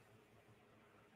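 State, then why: Not seated. A faulty plastic clip on a phone part is pressed but fails to lock into place because it sits in the wrong position. Only a steady, quiet hiss with low hum is heard for 1.2 seconds, and nothing has seated or clicked yet.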